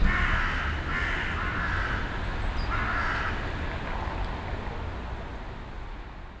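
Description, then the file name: Raven calls, several raspy caws over the first few seconds, fading to low background rumble. Recorded 25 December 2012 at Hütteldorf. "2012-12-25 raben huetteldorf"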